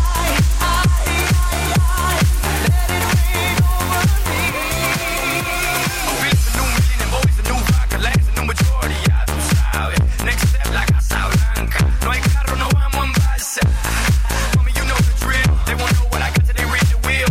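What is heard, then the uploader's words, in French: A night out at the bowling alley carries loud dance music with a steady thumping bass beat, easing briefly around four seconds and cutting out near thirteen. Une soirée vraiment sympa au bowling st savin.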